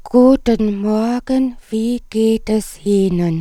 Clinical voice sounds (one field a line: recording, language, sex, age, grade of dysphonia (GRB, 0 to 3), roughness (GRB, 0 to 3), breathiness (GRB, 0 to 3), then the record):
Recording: spoken sentence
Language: German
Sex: female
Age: 50 to 59 years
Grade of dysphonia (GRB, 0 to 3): 1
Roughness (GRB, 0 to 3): 1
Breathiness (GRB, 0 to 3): 1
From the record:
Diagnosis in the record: recurrent laryngeal nerve paralysis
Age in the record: 58 years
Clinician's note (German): Strumiprive re nach Schilddrüsentumorresektion